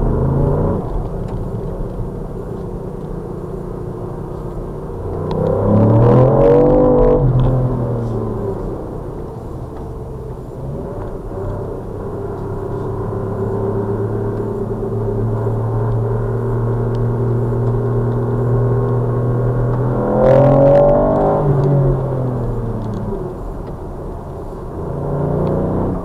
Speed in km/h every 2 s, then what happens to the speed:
44, 47, 48, 60, 48, 48, 48, 60, 60, 53, 72, 72, 72.
0-6 speeds up to 60. 6-11 steady at about 48. 11-13 speeds up to 60. 13-18 steady at about 60. 18-26 speeds up to 72.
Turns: 0-9, 9-19.